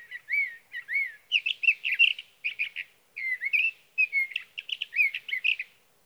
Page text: Birdsong for the Curious Naturalist. Sage thrasher songs, through the night. from the evening of June 12 to the morning of June 15, 2018, in Sierra Valley, California